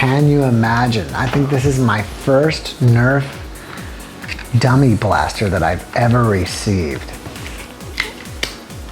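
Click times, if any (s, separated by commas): none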